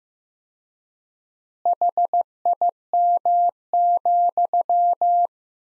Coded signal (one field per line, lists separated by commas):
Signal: Morse code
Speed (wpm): 15 wpm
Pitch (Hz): 700 Hz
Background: none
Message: HIM,